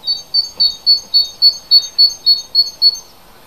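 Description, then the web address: Bird song: a rapid, even series of about eleven high, thin chirping notes, roughly three to four per second, over near silence. Native hedgerow bird, recorded in February. "oeko hecke vogel februar vogel heimisch"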